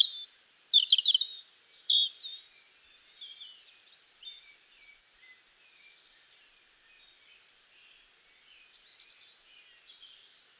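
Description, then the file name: European robin song: a loud tumble of fast, trilled, tinkling phrases in the first seconds, fading into soft, scratchy warbling. A quieter phrase returns near the end. "Erithacus rubecula"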